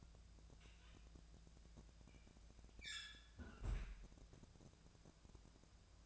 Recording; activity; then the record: daily activity, microphone in the room; close fridge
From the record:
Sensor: 2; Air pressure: 999.9 hPa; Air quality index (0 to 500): 118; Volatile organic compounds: 2 ppm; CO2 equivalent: 1016 ppm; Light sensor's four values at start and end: 30/76/32/36 and 30/77/32/36